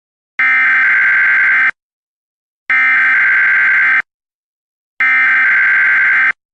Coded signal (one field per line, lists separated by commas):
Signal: Emergency Alert System (SAME) tones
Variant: header bursts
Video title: EAS Scenario 1, Nuclear War